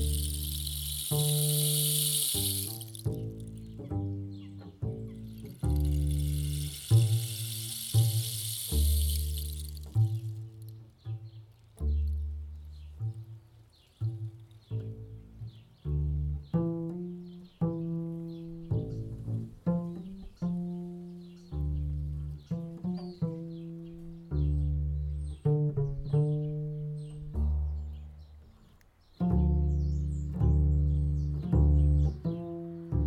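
Plucked and struck low notes ring and decay in a steady stream, with two bright hissing gusts early on and faint high chirps later.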